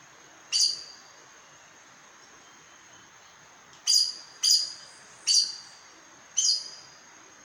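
Aracari: a single sharp high note, a pause of about three seconds, then several more piercing squeaks in succession, over soft steady hiss.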